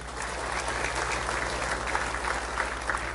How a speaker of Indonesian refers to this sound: Ya, tepuk tangannya untuk Allah, pujiannya untuk Allah, bukan untuk saya.